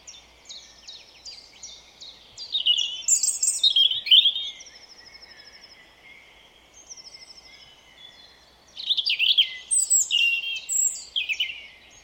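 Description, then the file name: European robin song: rich, fast cascades of high whistles and jingling trills in two long bursts, with softer thin warbling between them. "Erithacus rubecula"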